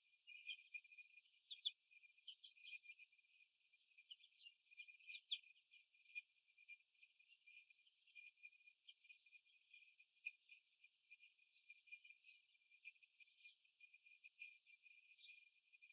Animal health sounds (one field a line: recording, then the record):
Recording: young laying hens in a cage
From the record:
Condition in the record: after the stressor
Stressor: simulated dog barking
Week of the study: 1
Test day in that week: 1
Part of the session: 1